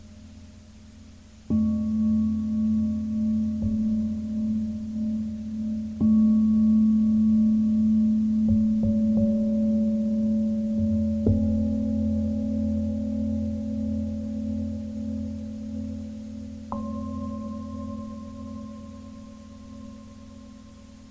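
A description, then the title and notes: Tibetan bells are struck one after another, each strike starting a long, steady ring that overlaps the last. Fresh strikes land at uneven intervals of one to five seconds, with a few short wooden knocks between them, over a low, humming drone that slowly fades. Tibetan bells, Japanese mok-tok, and other bell tones with alternating moments of silence.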